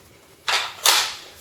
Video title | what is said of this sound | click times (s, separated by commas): WE PDW(Open Bolt) review | it locks in place but they do free fall and drop out so | 0.5 s, 0.9 s